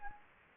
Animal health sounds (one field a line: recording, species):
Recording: mosquito wingbeat signal from an infrared sensor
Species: Anopheles gambiae